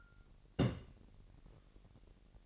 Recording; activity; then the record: daily activity, microphone in the room; place on stove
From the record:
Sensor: 4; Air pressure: 1012.8 hPa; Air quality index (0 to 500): 238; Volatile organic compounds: 4 ppm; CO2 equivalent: 1587 ppm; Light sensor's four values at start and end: 27/65/26/25 and 27/64/26/25